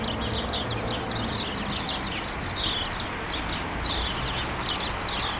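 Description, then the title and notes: Sparrows calling together, a steady stream of overlapping high chirps and twitters over a low background hum. Countless sparrows gathered in a hedge on Urbanstraße, attracted by birdseed balls hung there by residents; recorded January 17, 2009. "urbanstraße: spatzen in einer hecke - the city, the country & me: sparrows in a hedge. unzählige spatzen, angelockt von meisenknödeln, die von anwohnern in einer hecke angebracht wurden. january 17, 2009"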